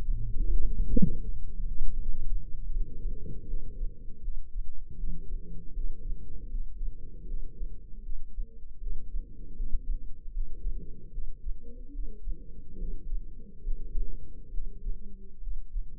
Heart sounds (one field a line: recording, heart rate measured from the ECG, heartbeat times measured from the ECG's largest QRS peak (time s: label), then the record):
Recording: heart sounds by microphone in the left ear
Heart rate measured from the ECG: 76 bpm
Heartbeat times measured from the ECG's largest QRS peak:
0.47 s: heartbeat
1.22 s: heartbeat
1.96 s: heartbeat
2.71 s: heartbeat
3.45 s: heartbeat
4.19 s: heartbeat
4.95 s: heartbeat
5.72 s: heartbeat
6.49 s: heartbeat
7.25 s: heartbeat
8.01 s: heartbeat
8.78 s: heartbeat
9.54 s: heartbeat
10.31 s: heartbeat
11.09 s: heartbeat
11.90 s: heartbeat
12.76 s: heartbeat
13.61 s: heartbeat
14.49 s: heartbeat
15.38 s: heartbeat
From the record:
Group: healthy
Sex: female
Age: 32 years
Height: 172 cm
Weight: 71.7 kg